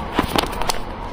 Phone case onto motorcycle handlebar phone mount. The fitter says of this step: maybe you heard that click but yeah now you're just sitting on the mound